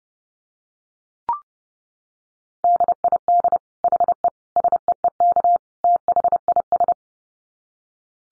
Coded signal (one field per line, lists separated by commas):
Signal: Morse code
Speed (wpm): 30 wpm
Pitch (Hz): 700 Hz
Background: none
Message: DID HE SEEK THIS